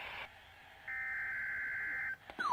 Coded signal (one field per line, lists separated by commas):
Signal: Emergency Alert System (SAME) tones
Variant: header bursts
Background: speech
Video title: EAS #454-455: Required Weekly Test